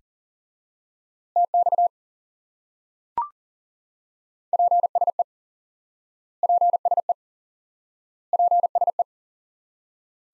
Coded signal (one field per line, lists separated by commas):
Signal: Morse code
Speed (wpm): 40 wpm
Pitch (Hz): 700 Hz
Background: none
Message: TX PSE PSE PSE